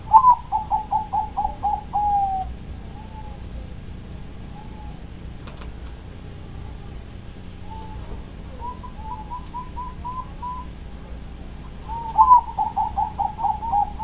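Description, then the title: Dove cooing: a quick run of short hollow coos, then soft drawn-out notes, a brief pulsing series, and another burst of rapid repeated coos over a low background rumble. "Canto Da Pomba"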